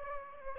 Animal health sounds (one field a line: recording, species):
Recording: mosquito wingbeat signal from an infrared sensor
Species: Aedes aegypti